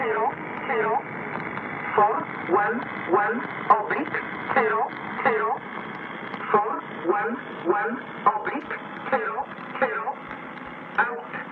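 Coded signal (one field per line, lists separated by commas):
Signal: numbers station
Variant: E11 (Oblique), English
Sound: distorted voice repeating short number groups, evenly spaced, over shortwave hiss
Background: radio static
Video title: Zahlensender E11 Nullmeldung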